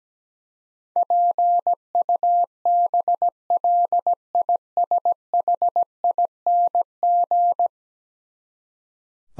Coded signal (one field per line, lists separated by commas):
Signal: Morse code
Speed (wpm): 17 wpm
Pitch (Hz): 700 Hz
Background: none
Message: PUBLISHING